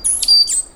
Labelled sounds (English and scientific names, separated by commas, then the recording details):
Stitchbird (Notiomystis cincta) song
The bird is a male
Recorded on Tiritiri Matangi Island, New Zealand, in 2005
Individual 1, of nest box 1